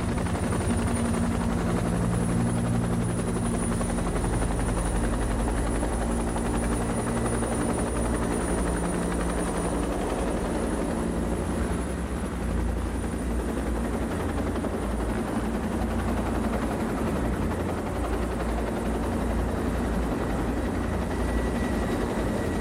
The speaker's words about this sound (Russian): На фоне холмистой местности летит вертолет. Ромата Эсторски, слыша звук приближающегося вертолета, встает со своего места и поднимается по ступенькам на каменное плато.